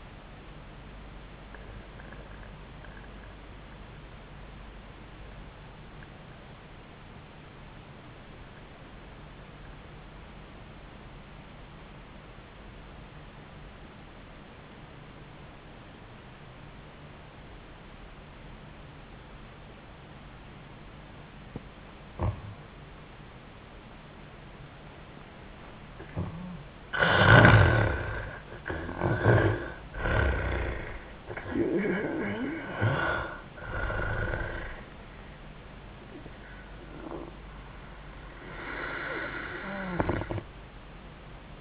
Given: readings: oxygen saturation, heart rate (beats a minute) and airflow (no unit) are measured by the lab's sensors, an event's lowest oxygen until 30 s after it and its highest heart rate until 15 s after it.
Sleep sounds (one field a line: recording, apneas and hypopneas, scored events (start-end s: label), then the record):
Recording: breathing in sleep by a voice recorder at the bedside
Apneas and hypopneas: 1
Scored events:
6.00-36.00 s: new sleep stage, N2 (light sleep)
10.00-21.30 s: obstructive apnea (N2, oxygen 98% highest, then 74% lowest, heart rate 81 at the start, 87 highest)
36.00-41.61 s: new sleep stage, N1 (lightest sleep)
From the record:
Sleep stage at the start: N1 (lightest sleep)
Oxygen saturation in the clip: 77 to 98%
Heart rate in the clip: 75 to 91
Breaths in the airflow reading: 4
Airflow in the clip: -14.8 to 8.0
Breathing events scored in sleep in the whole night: 400 in 8.7 hours asleep